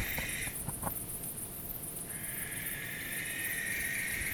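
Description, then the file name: Barn owl: the end of one breathy screech, then after a pause a longer steady rasping screech, while insects trill constantly in the background. Recorded 12 August 2014. "2014-08-12 schleier-eule"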